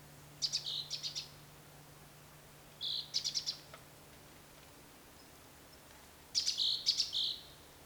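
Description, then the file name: Great tit calls: three short bursts of sharp, high notes mixed with a brief buzzy tone, spaced a few seconds apart over quiet background. "Parus major"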